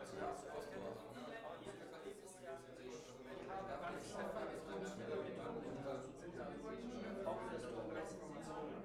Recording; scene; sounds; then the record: everyday scene through a hearing-aid microphone; many people talking; many voices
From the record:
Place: bistro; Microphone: behind the ear, left, rear